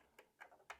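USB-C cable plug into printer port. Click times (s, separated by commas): 0.7 s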